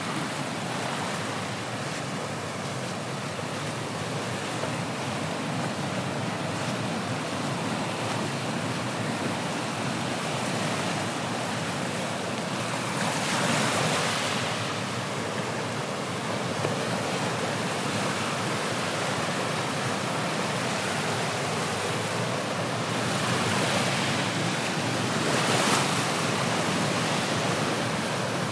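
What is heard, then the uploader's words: Waves and water make a steady, dense rush that fills the whole clip with little change. Slightly louder swells of washing water rise around 13 to 15 seconds and again near 23 and 26 seconds, then settle back into the constant hiss. Waves and water soundscape, Music for Sleep.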